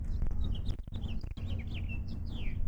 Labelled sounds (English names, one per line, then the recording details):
House Finch song
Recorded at Island Park on Long Island, New York, on 17 June 1975
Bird B